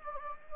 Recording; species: mosquito wingbeat signal from an infrared sensor; Anopheles gambiae